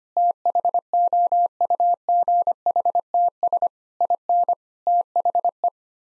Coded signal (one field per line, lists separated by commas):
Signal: Morse code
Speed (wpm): 25 wpm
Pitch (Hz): 700 Hz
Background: none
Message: THOUGHTS IN THE